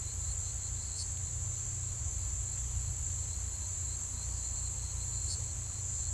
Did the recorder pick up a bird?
no